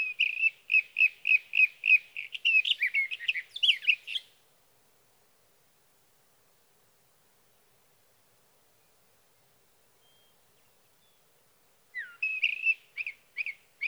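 Sage thrasher song: a steady series of repeated warbled notes for about four seconds, a long silence, then the repeated notes resume with a slurred note.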